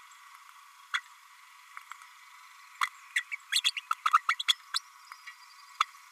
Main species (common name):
Green-rumped Parrotlet